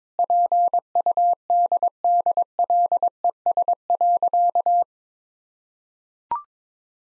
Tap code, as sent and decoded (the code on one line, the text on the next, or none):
none